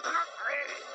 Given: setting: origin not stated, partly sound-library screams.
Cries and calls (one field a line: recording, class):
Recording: one-second piece from a danger detection set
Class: woman in danger